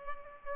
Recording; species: mosquito wingbeat signal from an infrared sensor; Culex pipiens